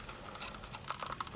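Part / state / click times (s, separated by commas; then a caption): toy power coin into morpher buckle / seated / 1.2 s. A Green Ranger power coin is pressed into the coin slot of the gold plastic belt buckle on a Legacy Power Morpher Green Ranger/White Ranger Edition toy. After several small fumbling taps and clicks, the coin snaps into place at 1.2 s and is seated.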